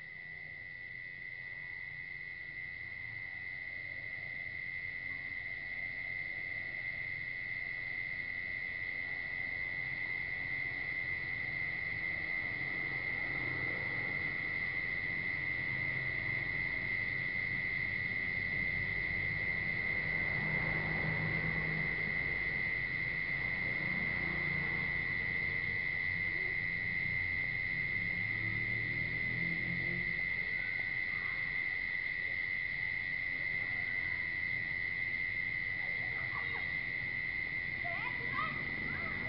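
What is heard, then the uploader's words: Dusk along a river, dominated by a steady, piercing insect whine held at one high pitch from start to finish. Beneath it runs a low, murmuring bed of activity, with faint voices or movement rising briefly around the middle before settling again. Laos - riverside evening sounds. The sounds of dusk along the Nam Khan river in Luang Prabang, Laos.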